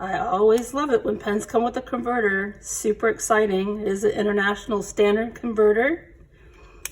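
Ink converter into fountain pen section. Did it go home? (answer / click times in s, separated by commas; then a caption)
yes / 6.9 s. Someone talks for most of the clip, then a standard international converter is pushed onto the grip section of a wooden Stanford Wood Studio Impressionist Series fountain pen. It seats with a single sharp click at 6.9 s, confirming the converter is fully in.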